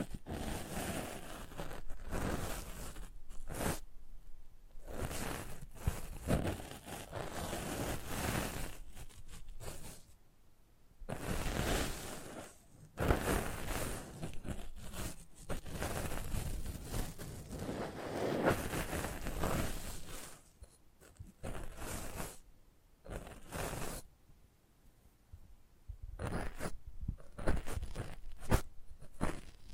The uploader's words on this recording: ASMR Close Up Mic Treatment Tingle Galore (No Talking).